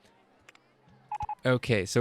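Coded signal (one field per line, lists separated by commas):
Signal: none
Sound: a game's building sounds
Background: speech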